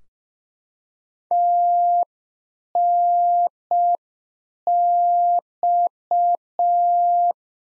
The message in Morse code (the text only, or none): TNX